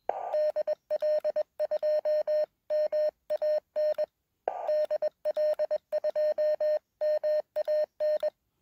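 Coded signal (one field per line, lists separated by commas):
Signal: Morse code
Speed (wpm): 21 wpm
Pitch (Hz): 610 Hz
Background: none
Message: DL2MAN DL2MAN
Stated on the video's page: Portable CW contacts made with a (tr)uSDX transceiver while hiking, using an extremely small station footprint.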